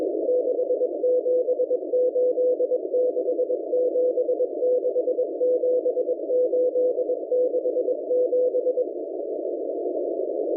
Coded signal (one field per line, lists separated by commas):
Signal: Morse code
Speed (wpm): 21 wpm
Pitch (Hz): 500 Hz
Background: none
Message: 6786767867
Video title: M01 Morse Code Numbers 03/02/2024 1500 UTC 5810kHz